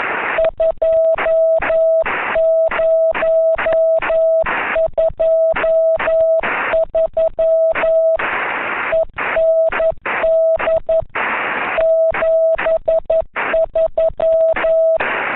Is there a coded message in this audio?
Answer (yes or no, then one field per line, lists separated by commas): yes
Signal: Morse code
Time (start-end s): 0.4-15.0 s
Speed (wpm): 11 wpm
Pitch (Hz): 650 Hz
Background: radio noise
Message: 2023 END 73